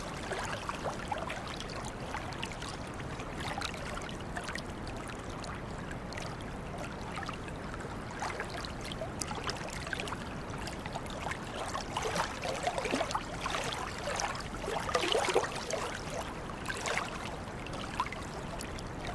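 Water sounds: a steady wash of moving water with a constant low rumble underneath, dotted throughout with small bright splashes and trickles. The splashing grows busier and a little louder after about twelve seconds, with the strongest bursts near fifteen and seventeen seconds.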